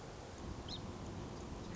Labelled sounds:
Song Sparrow
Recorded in Sonoma County, California

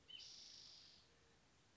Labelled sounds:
Spotted Towhee
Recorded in Sonoma County, California

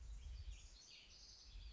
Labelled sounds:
Western Flycatcher
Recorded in Sonoma County, California

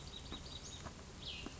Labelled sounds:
Cassin's Vireo
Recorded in Sonoma County, California

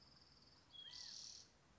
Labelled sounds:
California Quail
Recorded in Sonoma County, California

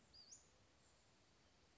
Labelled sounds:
Western Flycatcher
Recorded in Sonoma County, California

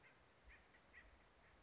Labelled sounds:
Acorn Woodpecker
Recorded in Sonoma County, California

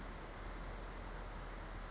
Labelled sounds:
Brown Creeper
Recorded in Sonoma County, California

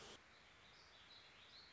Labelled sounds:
Warbling Vireo
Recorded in Sonoma County, California

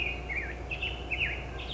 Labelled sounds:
Black-headed Grosbeak
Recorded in Sonoma County, California

